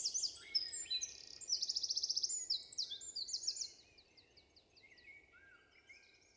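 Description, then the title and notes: Eurasian wren song, a rapid high twittering with a quick rattling trill, ending after about four seconds in fainter, softer notes. Recorded 27 March 2020 in Val Maravel with a Nagra Seven and MKH8040 microphones in stereo; forest singer whose vigorous, nervous song asserts its presence to any potential rival. "UN VENT DE TROGLODYTE. 27 mars 2020-Val Maravel - Un Troglodyte mignon (Troglodytes troglodytes) affirme par son chant vigoureux sa présence à tout concurrent potentiel.Chanteur de la forêt son chant nerveux est toujours impressionnant de puissance"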